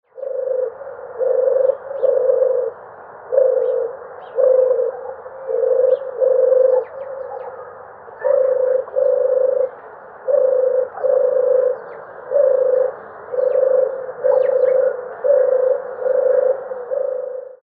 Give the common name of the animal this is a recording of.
European Turtle Dove